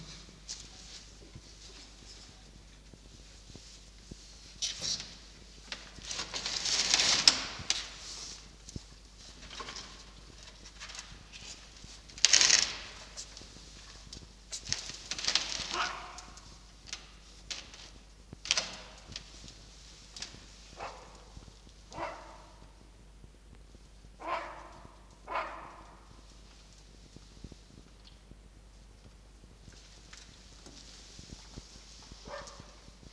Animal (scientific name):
Vulpes vulpes